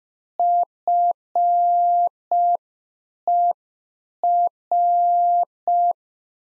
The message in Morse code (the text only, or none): FER